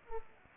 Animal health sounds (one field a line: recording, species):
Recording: mosquito wingbeat signal from an infrared sensor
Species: Culex pipiens